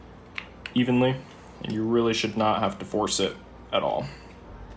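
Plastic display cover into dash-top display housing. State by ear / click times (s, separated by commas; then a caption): not seated / none. A trimmed plastic display cover for a 2007-on Saab 9-3 SID relocation kit is handled at the relocated dash-top display housing while someone talks, with two brief sharp ticks near 0.4 s and 0.7 s. Nothing has seated or clicked yet; the cover is not yet home in the housing.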